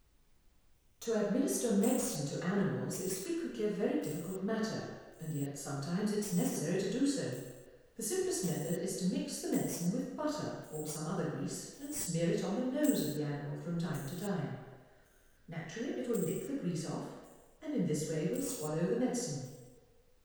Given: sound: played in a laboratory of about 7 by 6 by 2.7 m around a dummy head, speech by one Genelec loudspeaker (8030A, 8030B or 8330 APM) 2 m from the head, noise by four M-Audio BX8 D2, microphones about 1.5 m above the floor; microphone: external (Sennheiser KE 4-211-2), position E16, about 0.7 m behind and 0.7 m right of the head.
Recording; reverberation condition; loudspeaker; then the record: female speech in English; high; 30 degrees to the right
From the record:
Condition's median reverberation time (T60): about 1300 ms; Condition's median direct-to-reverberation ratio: about -4.0 dB